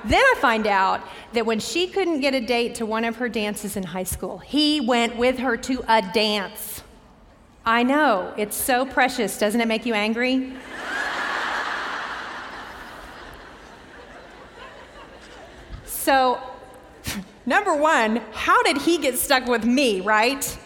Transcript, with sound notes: Then I find out that when she couldn't get a date to one of her dances in high school, he went with her to a dance! I know—it's so precious! Doesn't it make you angry? [laughter] So number one, how did he get stuck with me, right?